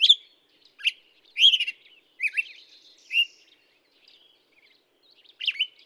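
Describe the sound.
Black-headed Grosbeak song of several slurred whistled notes, some falling, at uneven intervals, then a longer pause before a final phrase.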